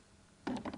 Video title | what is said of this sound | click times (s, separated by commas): Πώς να συναρμολογήσετε και να χρησιμοποιήσετε το UltraSpeed | levered ringer is simply hinged on to the back lip and then clicked into place on the | 0.5 s